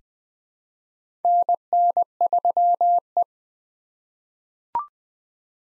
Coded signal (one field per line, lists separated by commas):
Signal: Morse code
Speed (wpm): 20 wpm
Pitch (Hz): 700 Hz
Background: none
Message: NN3E